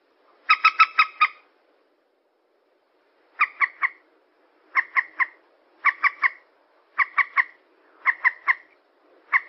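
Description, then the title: Yellow-vented bulbul chattering: quick bursts of three to five rasping notes, an opening burst followed by a two-second pause, then bursts about a second apart. Bird lure recording. "PIKAT TRUCUKAN"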